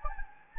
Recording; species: mosquito wingbeat signal from an infrared sensor; Anopheles gambiae